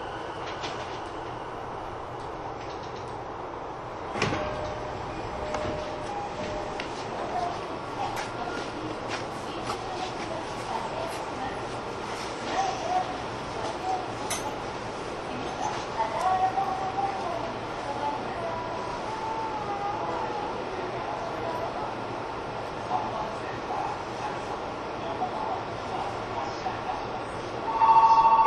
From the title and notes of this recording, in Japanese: 相鉄12000系 相鉄・埼京線特急・普通 01/01:海老名～新宿。相鉄・埼京線直通＂特急・普通＂の列車走行音。